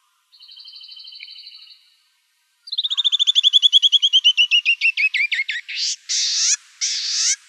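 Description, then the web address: Canyon wren: a steady high rapid trill, a brief pause, then a long descending cascade of whistled notes that slows and ends in a few rasping buzzes. Recorded in Arizona on 2 October 2003. "Wrens Kinglets Gnatcatchers CNWR 031002. deviche"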